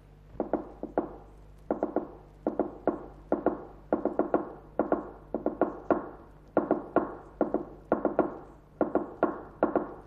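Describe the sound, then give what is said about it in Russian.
A fork taps sharply and steadily on a table in quick bursts and short pauses, imitating a telegraph key sending a telegram. The clicks are crisp and fairly loud, with no talking. “Дядь стучит вилкой по столу, подражая телеграфному станку.”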